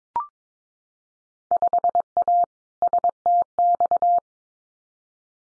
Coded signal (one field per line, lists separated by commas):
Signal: Morse code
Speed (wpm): 22 wpm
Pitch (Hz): 700 Hz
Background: none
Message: 5A STX